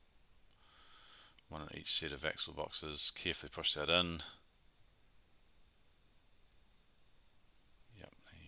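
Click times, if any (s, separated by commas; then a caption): 8.0 s, 8.1 s. Someone talks while a metal wheel set's axle ends are carefully pushed into the 3D-printed plastic axle boxes of a model wagon. After a quiet pause, two short clicks come at 8.0 s and 8.1 s as the axle seats in the axle boxes.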